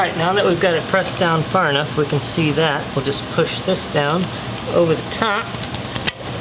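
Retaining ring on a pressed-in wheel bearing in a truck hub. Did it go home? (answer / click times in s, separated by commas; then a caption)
yes / 6.1 s. Someone talks while pushing a metal retaining ring down over the top of a wheel bearing that has been pressed into a truck hub, as on a Toyota Tundra. A sharp metallic click at 6.1 s marks the ring snapping into its groove, seating it to hold the bearing assembly together.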